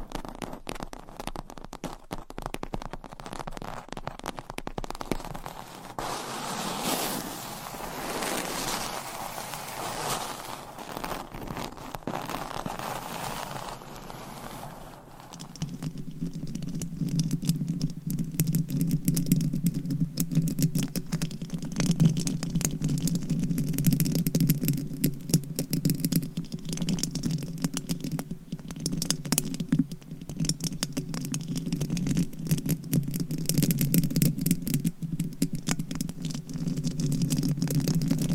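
Dense scratching and tapping with nails, a rapid patter of small clicks running throughout. For the first fifteen seconds the sound is thin and bright, with a hissy swell around six to fourteen seconds; after that it turns louder, fuller and lower, like rubbing on a mic.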